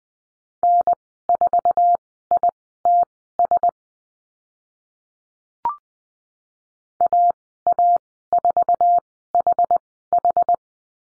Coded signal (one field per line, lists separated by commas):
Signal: Morse code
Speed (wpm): 20 wpm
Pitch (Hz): 700 Hz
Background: none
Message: N4ITS AA4HH